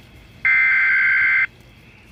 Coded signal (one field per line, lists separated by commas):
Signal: Emergency Alert System (SAME) tones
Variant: header bursts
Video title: EAS 78: we be outside